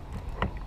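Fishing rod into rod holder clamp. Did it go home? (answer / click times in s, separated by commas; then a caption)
yes / 0.4 s. A fishing rod is laid in a rod holder and the trigger is pressed, so the holder's clamp locks onto the rod. Over a low, rumbling background, a sharp snap at 0.4 s marks the latch shutting and the rod seating, followed by fainter ticks near 0.6 s and 0.7 s.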